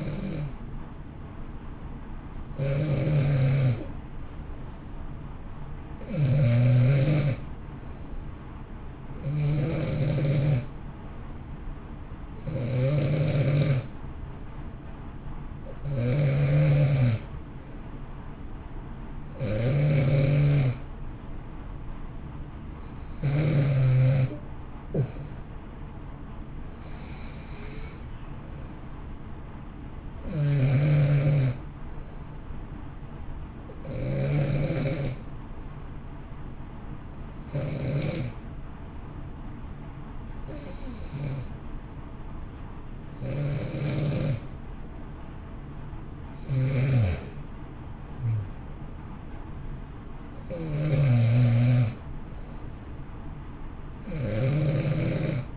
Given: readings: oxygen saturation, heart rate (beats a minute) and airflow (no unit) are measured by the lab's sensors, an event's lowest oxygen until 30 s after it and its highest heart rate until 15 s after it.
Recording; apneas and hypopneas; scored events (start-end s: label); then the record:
breathing in sleep by a smartphone at the bedside; 1
34.00-55.57 s: new sleep stage, N1 (lightest sleep)
35.00-49.20 s: hypopnea (N1, oxygen 92% highest, then 89% lowest, heart rate 61 at the start, 64 highest)
From the record:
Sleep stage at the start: N2 (light sleep); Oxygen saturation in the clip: 90 to 92%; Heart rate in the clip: 59 to 64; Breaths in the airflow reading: 17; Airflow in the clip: -1.1 to 2.0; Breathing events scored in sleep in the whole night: 328 in 6.3 hours asleep